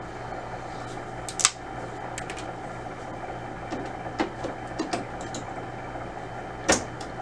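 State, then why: Seated. The last ink cartridge is slid into the printhead carriage of an HP Officejet Pro 8028 inkjet printer and clicks into place with a sharp click at 1.5 s, over a steady background hum. Quieter taps and knocks follow around 2.2, 2.3, 4.2 and 4.9 s, with another sharp knock near 6.7 s. The cartridge is seated and all the cartridges are now in place.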